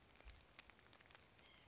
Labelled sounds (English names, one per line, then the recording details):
White-breasted Nuthatch
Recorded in Sonoma County, California